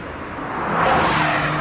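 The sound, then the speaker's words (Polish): A Honda HR-V with a new 1.5 Turbo engine drives with its tires squealing in a Polish radio advert, a broad rushing engine and road roar that swells over a second and a half and then holds steady, with no voices. “Nowa Honda HR-V. Teraz z nowym silnikiem 1.5 Turbo.”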